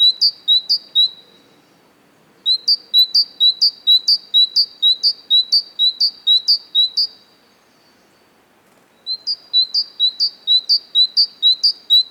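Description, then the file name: Great tit singing runs of ringing two-note phrases, alternating high and lower notes, in three bursts broken by short silences. "Parus major"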